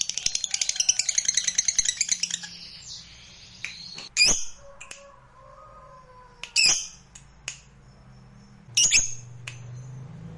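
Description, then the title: Lovebird starting with a brief rapid twittering chatter, then breaking into a few isolated sharp squawks and thin chips. Recording meant to make a lazy lovebird start singing eagerly and spontaneously, right away. "LOVEBIRD Malas Bunyi JADI GREGET SPONTAN Langsung NARIK"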